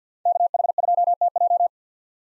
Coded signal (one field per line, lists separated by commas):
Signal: Morse code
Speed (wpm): 50 wpm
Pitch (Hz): 700 Hz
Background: none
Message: KH2TJ